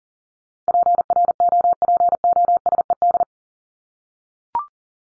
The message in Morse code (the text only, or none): PROPOSED